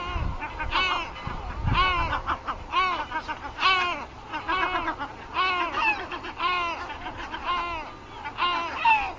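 Great black-backed gull calls, repeated throaty honking notes, with a low background rumble.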